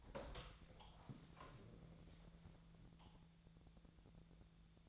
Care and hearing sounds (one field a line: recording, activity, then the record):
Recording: daily activity, microphone in the room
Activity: open door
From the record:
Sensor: 3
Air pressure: 1000.5 hPa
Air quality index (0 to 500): 180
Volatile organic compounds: 4 ppm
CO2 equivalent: 1564 ppm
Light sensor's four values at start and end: 13/30/13/13 and 13/30/13/13